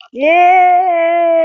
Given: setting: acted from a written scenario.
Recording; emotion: vocal sound without words; elation